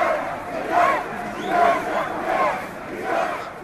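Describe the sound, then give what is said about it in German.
An angry crowd in Kasserine, southern Tunisia, boos President Marzouki and shouts "Dégage" in rhythmic waves, loud swells of many voices rising about every three-quarters of a second over a constant roar. “Das hätte sich Präsident Marzouki wohl nicht erwartet, dass ihn eine wütende Menschenmenge ausbuhen und Degage schreien würde.”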